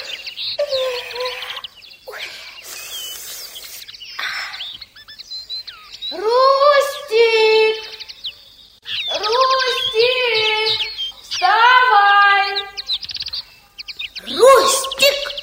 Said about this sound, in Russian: Солнце вставало из-за леса, а в лагере было еще сумрачно. Лягушки отпели и запели птицы.